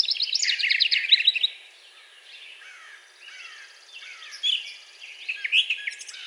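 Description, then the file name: Brown thrasher song starting with a fast repeated chatter, then a fainter, softer section of mixed notes before a few louder ones near the end. Recorded on 4 June 2020. "2020-06-04 Brown Thrasher"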